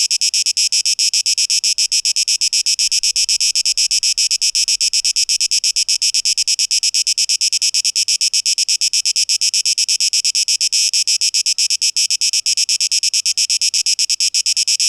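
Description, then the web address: Cicada song of dense, shrill pulsed buzzing that holds steady throughout, nothing else audible. Tape echo mix, 12 August 2023. "rauschpartikel 2023-08-12 Zikaden"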